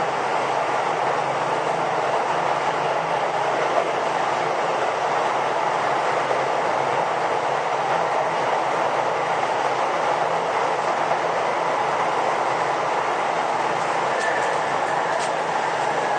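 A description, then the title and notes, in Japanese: A Sotetsu 20000 series train runs steadily, a dense, even roar with faint rhythmic rattling and a few brief high squeals near the end. 相鉄20000系 横浜ー湘南台。快速に乗車し、録音。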